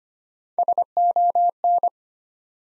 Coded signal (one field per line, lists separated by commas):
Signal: Morse code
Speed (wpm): 25 wpm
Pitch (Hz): 700 Hz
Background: none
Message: SON